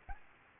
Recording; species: mosquito wingbeat signal from an infrared sensor; Aedes albopictus